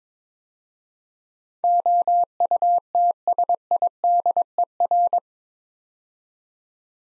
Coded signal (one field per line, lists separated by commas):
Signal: Morse code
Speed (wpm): 22 wpm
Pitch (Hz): 700 Hz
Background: none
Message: OUTSIDER